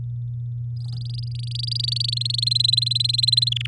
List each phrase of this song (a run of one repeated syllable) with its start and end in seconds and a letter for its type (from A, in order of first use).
0.77-2.44 A, 2.46-3.49 B, 3.51-3.67 C